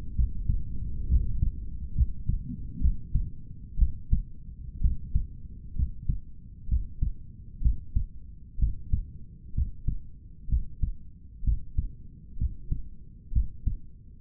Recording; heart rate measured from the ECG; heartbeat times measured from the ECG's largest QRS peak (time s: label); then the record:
heart sounds by stethoscope; 64 bpm
0.16 s: heartbeat
1.09 s: heartbeat
1.95 s: heartbeat
2.81 s: heartbeat
3.79 s: heartbeat
4.81 s: heartbeat
5.76 s: heartbeat
6.69 s: heartbeat
7.62 s: heartbeat
8.59 s: heartbeat
9.55 s: heartbeat
10.49 s: heartbeat
11.44 s: heartbeat
12.38 s: heartbeat
13.33 s: heartbeat
From the record:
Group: healthy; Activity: rest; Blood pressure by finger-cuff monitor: 123/79 mmHg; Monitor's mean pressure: 90 mmHg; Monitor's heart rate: 64 bpm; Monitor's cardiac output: 5.3 L/min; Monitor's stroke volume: 80 mL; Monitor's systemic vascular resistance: 1260 dyn s/cm5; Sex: male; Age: 21 years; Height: 170 cm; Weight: 71 kg